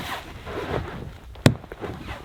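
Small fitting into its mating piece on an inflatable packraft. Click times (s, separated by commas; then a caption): 1.5 s. A small fitting is pushed into its mating piece on an inflatable packraft, with soft rustling and handling noise before it. A sharp little click at 1.5 s marks the fitting seating in place, followed by a few faint handling taps.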